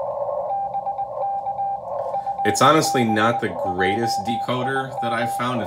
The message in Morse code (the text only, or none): BK FB JIM